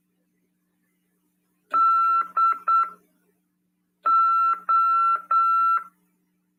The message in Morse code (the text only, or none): DO